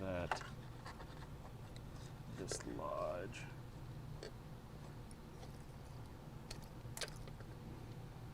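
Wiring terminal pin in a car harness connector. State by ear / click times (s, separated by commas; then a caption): seated / 6.5 s. While someone works to dislodge a metal terminal pin from a car wiring harness connector, the pin slips back and re-latches in its plastic cavity with a sharp click at 6.5 s. Someone talks throughout, and the pin ends up seated back in the connector.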